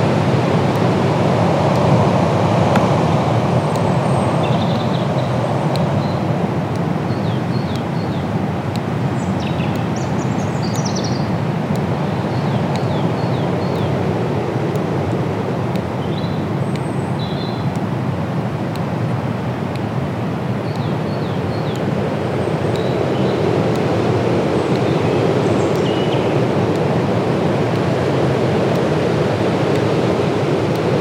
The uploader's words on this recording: Accompanied by the sound of a ticking clock, created by breaking the twigs of trees killed by climate change. A soundscape of ancient woodlands, recorded throughout the year. Accompanied by the sound of a ticking clock, created by breaking the twigs of trees.